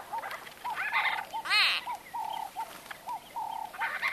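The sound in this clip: White-fronted bee-eater calls: a few rolling, rising-falling bursts mixed with a quick series of soft, lower repeated notes.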